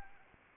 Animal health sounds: mosquito wingbeat signal from an infrared sensor; Anopheles arabiensis

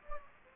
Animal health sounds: mosquito wingbeat signal from an infrared sensor; Anopheles gambiae

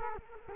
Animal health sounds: mosquito wingbeat signal from an infrared sensor; Culex quinquefasciatus

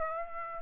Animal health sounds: mosquito wingbeat signal from an infrared sensor; Aedes aegypti

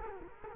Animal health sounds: mosquito wingbeat signal from an infrared sensor; Culex quinquefasciatus

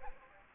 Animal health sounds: mosquito wingbeat signal from an infrared sensor; Culex quinquefasciatus

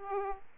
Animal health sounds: mosquito wingbeat signal from an infrared sensor; Aedes aegypti

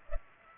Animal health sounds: mosquito wingbeat signal from an infrared sensor; Culex pipiens

